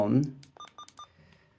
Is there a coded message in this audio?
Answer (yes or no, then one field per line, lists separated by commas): no